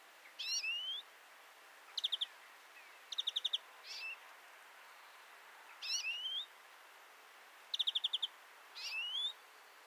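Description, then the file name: European greenfinch calls: rising wheezy notes mixed with quick stuttering trills of several chips, against faint background hiss. "Chloris chloris"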